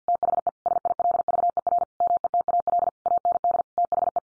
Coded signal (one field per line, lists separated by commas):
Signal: Morse code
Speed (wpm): 50 wpm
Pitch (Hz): 700 Hz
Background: none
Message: THE SILVER METAL AND THE